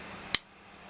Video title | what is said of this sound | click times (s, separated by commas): Q & A with RDPproject - part 2 (answers to part 1) | it locks in place. | 0.3 s